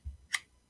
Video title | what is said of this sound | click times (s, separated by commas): Selfie Stick tripod with Light unboxing live | so it snaps into place there um i really like the feel of it it feels solid | 0.3 s